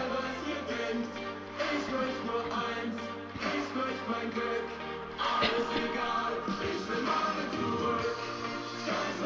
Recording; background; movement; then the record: throat clearing; music; sitting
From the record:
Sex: female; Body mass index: 25.5 kg/m2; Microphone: on the chest, facing outward